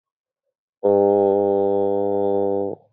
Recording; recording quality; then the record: sustained vowel as in boot; excellent, no background noise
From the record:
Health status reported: COVID-19 positive, mild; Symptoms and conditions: none ticked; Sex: male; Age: 23 years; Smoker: not ticked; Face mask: not worn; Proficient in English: yes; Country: India